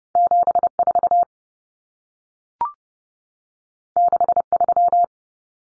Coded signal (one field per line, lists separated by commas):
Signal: Morse code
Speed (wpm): 30 wpm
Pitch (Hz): 700 Hz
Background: none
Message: 74 63